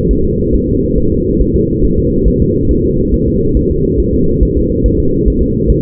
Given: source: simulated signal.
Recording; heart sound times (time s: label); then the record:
fetal heart sounds
0.11 s: S1
0.25 s: S2
0.55 s: S1
0.69 s: S2
0.98 s: S1
1.12 s: S2
1.41 s: S1
1.56 s: S2
1.85 s: S1
1.99 s: S2
2.28 s: S1
2.42 s: S2
2.71 s: S1
2.85 s: S2
3.14 s: S1
3.28 s: S2
3.57 s: S1
3.71 s: S2
4.00 s: S1
4.14 s: S2
4.43 s: S1
4.57 s: S2
4.86 s: S1
5.00 s: S2
5.28 s: S1
5.42 s: S2
5.70 s: S1
From the record:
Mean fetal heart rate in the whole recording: 140 bpm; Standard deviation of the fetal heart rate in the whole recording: 2 bpm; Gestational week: 34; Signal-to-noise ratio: -15.3 dB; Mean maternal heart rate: 72 bpm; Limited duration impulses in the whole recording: present